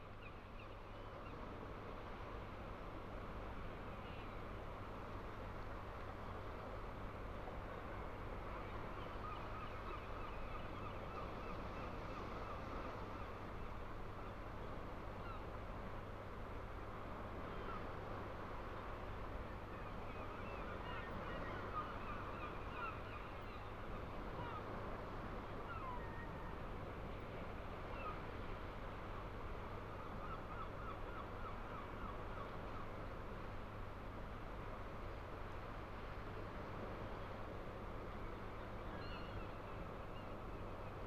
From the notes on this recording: From the sea wall at Burnham-on-Crouch, looking out over panoramic tidal estuary waters by Wallasea Island.